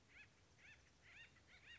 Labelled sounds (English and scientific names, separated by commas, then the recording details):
Acorn Woodpecker (Melanerpes formicivorus)
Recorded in Sonoma County, California